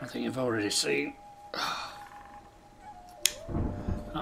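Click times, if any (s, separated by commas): 3.3 s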